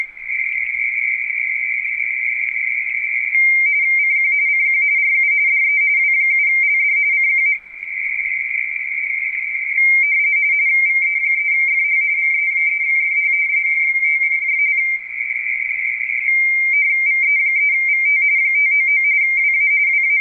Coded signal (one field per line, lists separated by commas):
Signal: RTTY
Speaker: What you were just watching was a series of exchanges where this particular station W7LD W7 Lima Delta is running a frequency on a radio teletype contest.